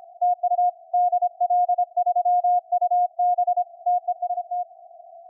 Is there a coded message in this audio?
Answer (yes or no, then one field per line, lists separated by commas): yes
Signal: Morse code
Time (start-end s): 0.2-4.6 s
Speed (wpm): 26 wpm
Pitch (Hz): 710 Hz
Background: none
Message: TU DL3UB TEST